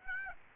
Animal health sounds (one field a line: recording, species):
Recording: mosquito wingbeat signal from an infrared sensor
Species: Aedes aegypti